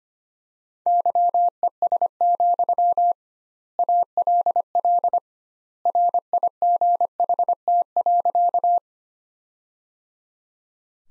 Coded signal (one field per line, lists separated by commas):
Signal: Morse code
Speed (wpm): 25 wpm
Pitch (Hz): 700 Hz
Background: none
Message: YES, ALL RIGHT.